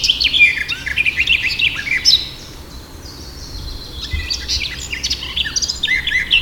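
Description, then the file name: Eurasian blackcap song: a rich, fast warbling phrase of mixed high notes for about two seconds, a short pause, then another jumbled warble to the end. "Sylvia atricapilla"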